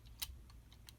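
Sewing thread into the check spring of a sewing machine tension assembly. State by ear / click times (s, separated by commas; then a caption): seated / 0.9 s. The upper thread of a sewing machine is pulled up so the metal check spring of the tension assembly picks it up, and it clicks in behind the spring with a sharp, faint tick at 0.9 s. Softer ticks come before it, the loudest near 0.2 s, over a low steady hum. The thread is seated behind the check spring.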